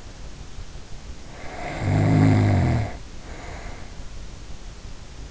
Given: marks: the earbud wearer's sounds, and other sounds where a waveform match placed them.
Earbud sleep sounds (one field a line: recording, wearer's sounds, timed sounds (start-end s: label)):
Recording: sounds in sleep by an in-ear microphone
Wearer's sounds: snoring breath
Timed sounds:
1.14-4.03 s: snoring breath